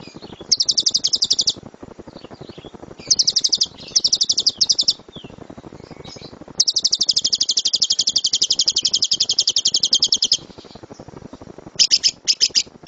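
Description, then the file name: Lovebird song: fast, buzzy high trills in bursts, one long rattling run lasting about four seconds, then short chattering phrases. Lovebird named Dora, owned by JNJ. "lovebird dora milik jnj"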